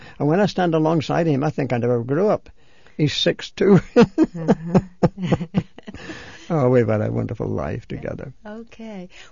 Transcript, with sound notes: And when I stand alongside him I think I never grew up. He's six-two. ( they laugh ) Oh, we've had a wonderful life together.
Okay.